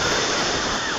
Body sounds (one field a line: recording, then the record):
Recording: coughing mixed with background sound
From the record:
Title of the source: Heavy cold and sore throat coughing.